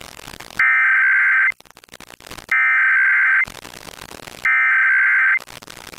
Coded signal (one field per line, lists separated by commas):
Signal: Emergency Alert System (SAME) tones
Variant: header bursts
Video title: 2023 National Periodic EAS Test - October 4th, 2023, EAS 95-98